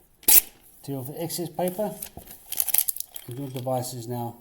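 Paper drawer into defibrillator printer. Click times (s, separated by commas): 0.3 s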